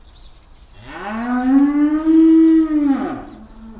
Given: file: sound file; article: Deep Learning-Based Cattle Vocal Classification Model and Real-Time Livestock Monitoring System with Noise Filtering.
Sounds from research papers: cattle; estrus call

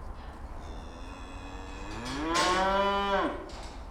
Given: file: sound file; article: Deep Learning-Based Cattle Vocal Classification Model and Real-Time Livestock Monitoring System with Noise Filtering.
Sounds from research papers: cattle; food anticipating call

